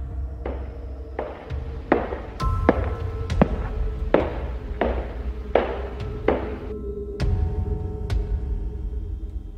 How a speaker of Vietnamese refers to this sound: Thình lình cả ba im bặt, bởi vì trong màn đêm tĩnh lặng, trong ngôi nhà này, họ nghe rõ tiếng bước chân vang lên.